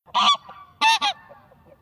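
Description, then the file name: Greylag goose giving a loud nasal honk followed by a quick double honk, then faint low chatter trailing off. Recorded in 2023. "oca selvatica 2023"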